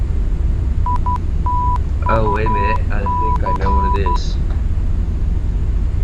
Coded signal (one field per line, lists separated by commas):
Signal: Morse code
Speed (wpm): 12 wpm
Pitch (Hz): 990 Hz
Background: speech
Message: ITUC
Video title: #EasternHops | Seattle Tacoma Approach | EAS8780